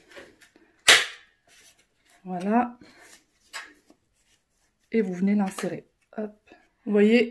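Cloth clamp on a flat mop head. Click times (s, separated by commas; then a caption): 0.9 s. The clamp on one side of a flat mop head is closed to hold the microfiber cloth in place and snaps shut with a loud, sharp plastic snap at 0.9 s, just after a faint tick. The clamp is seated and holding the cloth, and someone talks in the quiet gaps before and after.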